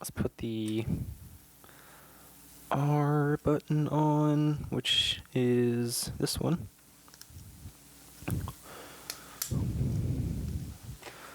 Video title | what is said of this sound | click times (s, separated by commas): Trying To Fix Stuff: Some PowerA Nintendo Switch Controllers (Drift/Loose/No Power) | Pops right in. | 9.1 s, 9.4 s